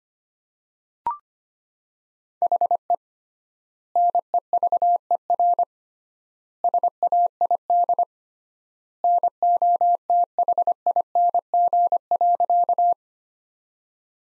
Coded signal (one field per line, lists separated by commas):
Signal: Morse code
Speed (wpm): 25 wpm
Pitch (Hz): 700 Hz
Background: none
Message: HE NEVER SAID NOTHING.